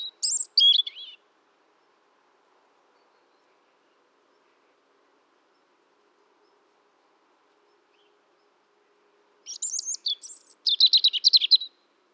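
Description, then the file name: European robin singing two short, high, tinkling phrases separated by a long silent pause, the second ending in a rapid run of repeated notes. "Erithacus rubecula"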